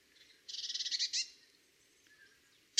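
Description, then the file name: Eurasian blue tit churring: a harsh, rattling burst of quick pulses, then a short buzzy note and a sharp click at the end. "Cyanistes caeruleus"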